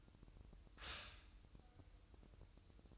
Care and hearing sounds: daily activity, microphone in the room; stop toaster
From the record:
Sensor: 2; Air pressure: 988.4 hPa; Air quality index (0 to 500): 191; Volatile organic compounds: 182 ppm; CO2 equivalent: 4151 ppm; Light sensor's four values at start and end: 20/68/27/25 and 20/68/27/25

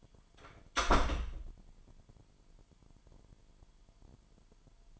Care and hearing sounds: daily activity, microphone in the room; close door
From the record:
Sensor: 5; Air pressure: 998.5 hPa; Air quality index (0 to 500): 81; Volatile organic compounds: 1 ppm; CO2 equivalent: 925 ppm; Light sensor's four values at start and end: 34/82/34/37 and 34/82/34/37

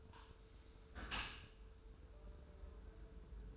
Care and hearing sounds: daily activity, microphone in the room; close dishwasher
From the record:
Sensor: 2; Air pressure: 1014.8 hPa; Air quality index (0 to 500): 25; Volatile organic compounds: 0 ppm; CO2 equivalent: 503 ppm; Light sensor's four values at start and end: 10/22/9/9 and 10/22/9/9

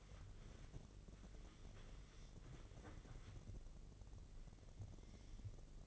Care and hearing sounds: daily activity, microphone in the room; wipe stove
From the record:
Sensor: 4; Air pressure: 1013.2 hPa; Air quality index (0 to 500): 180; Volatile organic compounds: 2 ppm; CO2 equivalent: 1128 ppm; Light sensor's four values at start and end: 94/235/97/103 and 93/234/97/102

